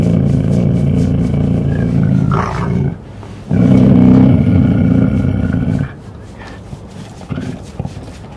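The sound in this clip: Cougar giving low, rough, pulsing rumbles, a long burst then a pause and a second loud burst lasting about two seconds, with faint higher tones above.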